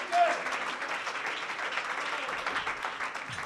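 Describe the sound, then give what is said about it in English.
An audience at a worship service claps their hands in a dense, steady wash of applause that holds at an even level for several seconds, with scattered voices mixed faintly underneath. “Clap your hands unto the Lord.”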